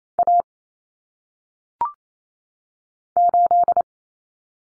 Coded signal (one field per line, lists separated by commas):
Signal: Morse code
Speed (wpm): 28 wpm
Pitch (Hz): 700 Hz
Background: none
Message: A 8